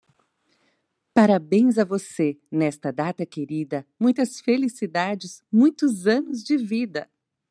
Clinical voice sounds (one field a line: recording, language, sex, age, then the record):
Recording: short text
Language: Brazilian Portuguese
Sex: female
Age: 40 to 49 years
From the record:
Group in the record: control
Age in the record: 43 years